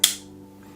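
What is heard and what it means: The plastic connector of the remote pressure switch for an Olight Odin GL tactical light snaps magnetically onto the light's tail, with no plug-in needed. A single sharp, bright snap is heard at 0.0 s and fades quickly over a low, steady background hum. The connector is seated.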